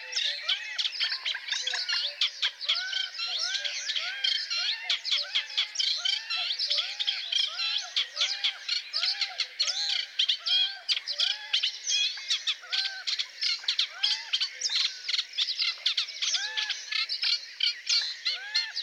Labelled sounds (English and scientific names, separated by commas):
Eurasian Reed Warbler (Acrocephalus scirpaceus) song